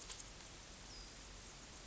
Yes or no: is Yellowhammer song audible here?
no